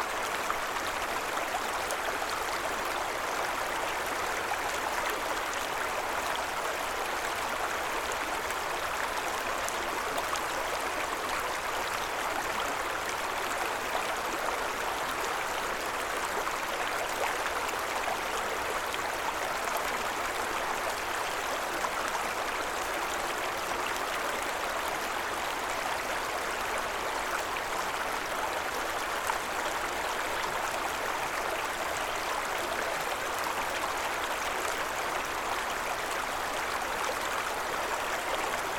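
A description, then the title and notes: A river runs steadily, its rushing water a dense, even hiss centered in the middle and upper range, with little low rumble. The flow holds constant for the whole stretch, with only faint ripples of texture and no distinct events. Soothing Ambient Sound of The River Balvaig in Strathyre Scotland. The sound of the River Balvaig in the rural peaceful village of Strathyre in Scotland.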